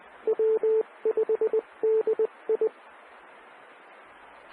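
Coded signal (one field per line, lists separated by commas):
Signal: Morse code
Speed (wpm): 20 wpm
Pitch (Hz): 440 Hz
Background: none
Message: W5DI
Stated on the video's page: Recording of an amateur radio emergency net.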